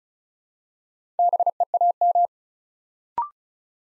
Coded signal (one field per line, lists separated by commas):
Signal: Morse code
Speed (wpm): 36 wpm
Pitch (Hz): 700 Hz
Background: none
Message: BEAM